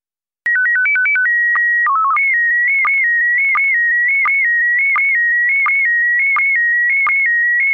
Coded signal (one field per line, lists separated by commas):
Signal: SSTV (slow-scan television)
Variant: PD 90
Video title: Daily Minutes Data - SSTV only